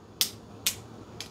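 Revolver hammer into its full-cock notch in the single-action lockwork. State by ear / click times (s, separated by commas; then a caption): seated / 0.2 s, 0.7 s, 1.2 s. The hammer of a Taylor's Gunfighter Defender single-action revolver in .45 Colt is drawn back by hand. It gives three sharp, bright clicks at 0.2, 0.7 and 1.2 s, each quieter than the last, as it passes its notches and locks into the full-cock notch of the lockwork. That is only three clicks, rather than the four of the original Single Action Army and old-model Ruger designs.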